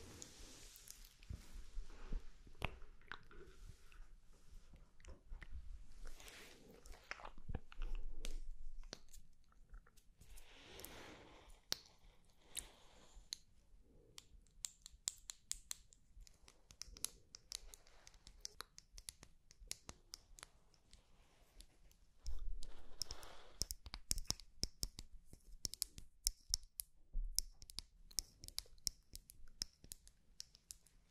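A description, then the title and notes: Mouth sounds for ASMR: rapid wet clicks, pops and smacking, with soft whispery breaths in between. The clicks come thick and fast, densest late in the clip, and there are louder bursts of breathy hiss around 8 seconds and again after 22 seconds. TINGLY MOUTH SOUNDS ASMR.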